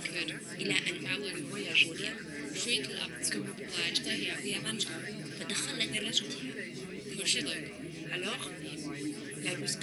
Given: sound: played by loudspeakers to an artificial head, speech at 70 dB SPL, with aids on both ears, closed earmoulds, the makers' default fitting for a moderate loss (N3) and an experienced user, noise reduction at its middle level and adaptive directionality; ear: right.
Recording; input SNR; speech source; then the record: speech test signal (ISTS) in cocktail-party noise; -6 dB; in front (0 degrees)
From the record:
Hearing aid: class 2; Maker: J